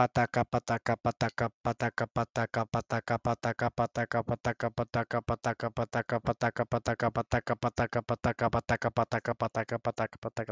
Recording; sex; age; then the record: repeated syllables /pa ta ka/; male; 20 to 29 years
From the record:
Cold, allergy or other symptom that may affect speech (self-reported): no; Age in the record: 26 years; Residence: Texas, United States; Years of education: 15